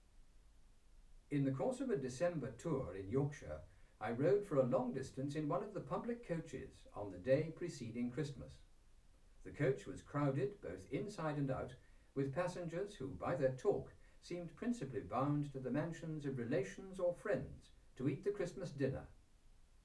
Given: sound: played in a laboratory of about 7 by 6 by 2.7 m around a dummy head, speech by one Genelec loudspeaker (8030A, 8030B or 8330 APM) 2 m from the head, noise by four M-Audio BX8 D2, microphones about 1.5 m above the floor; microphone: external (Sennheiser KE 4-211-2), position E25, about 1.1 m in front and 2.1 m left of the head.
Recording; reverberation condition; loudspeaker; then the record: male speech in English; low; 90 degrees to the right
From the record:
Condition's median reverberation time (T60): about 310 ms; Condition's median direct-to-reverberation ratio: about 3.5 dB